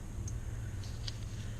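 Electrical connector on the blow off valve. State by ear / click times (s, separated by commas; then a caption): not seated / none. A small Allen key presses the plastic release tab on the electrical connector of the stock blow off valve on a Volkswagen MKVI Jetta GLI 2.0T TSI, trying to unplug it during a Forge blow off valve spacer install. Over a steady low hum, only two faint, brief ticks are heard at about 0.3 s and 1.1 s. The tab has not released, and nothing has clicked yet.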